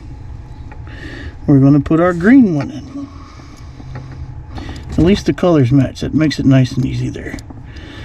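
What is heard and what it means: A green wire terminal pin is handled at the plastic cavity of an automotive wiring connector during a steering wheel lock-out module install on a C5 Corvette, while someone talks. Faint handling ticks come at about 0.7, 0.9 and 4.0 seconds under steady background hiss. The pin has not seated or clicked into the connector yet.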